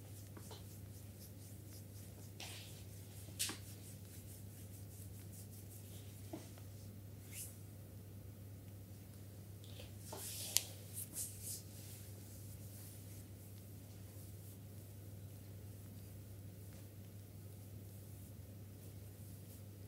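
A massager runs through a full body massage, its low motor hum holding perfectly steady the whole time. Brief rubbing and skin-squishing sounds from hands break in every few seconds, clustering more thickly around the ten- to eleven-second mark.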